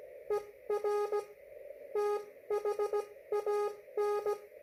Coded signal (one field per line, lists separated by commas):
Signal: Morse code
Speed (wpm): 17 wpm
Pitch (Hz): 410 Hz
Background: none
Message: ER THAN